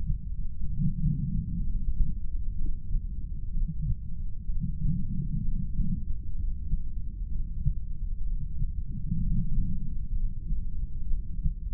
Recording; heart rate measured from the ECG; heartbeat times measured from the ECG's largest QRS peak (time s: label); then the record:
heart sounds by stethoscope; 63 bpm
0.69 s: heartbeat
1.64 s: heartbeat
2.58 s: heartbeat
3.54 s: heartbeat
4.48 s: heartbeat
5.43 s: heartbeat
6.37 s: heartbeat
7.31 s: heartbeat
8.26 s: heartbeat
9.21 s: heartbeat
10.15 s: heartbeat
11.10 s: heartbeat
From the record:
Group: heart failure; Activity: rest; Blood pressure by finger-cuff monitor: 125/83 mmHg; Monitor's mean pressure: 98 mmHg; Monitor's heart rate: 63 bpm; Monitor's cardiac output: 6.5 L/min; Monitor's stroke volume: 103 mL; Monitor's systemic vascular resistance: 1110 dyn s/cm5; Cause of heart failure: non-ischemic cardiomyopathy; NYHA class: 1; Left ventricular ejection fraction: 25%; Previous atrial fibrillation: present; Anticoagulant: apixaban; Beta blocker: bisoprolol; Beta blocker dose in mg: 7.5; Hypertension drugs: sacubitril-valsartan, spironolactone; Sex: male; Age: 48 years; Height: 183 cm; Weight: 96 kg